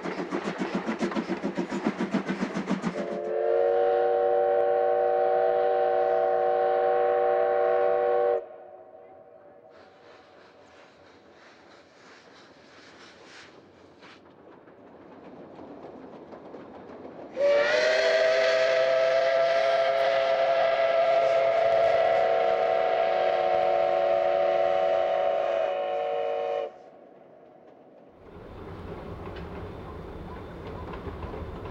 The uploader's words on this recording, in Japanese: 重連を含む、大井川鐵道・本線を走る「かわね路号」や臨時SL急行です。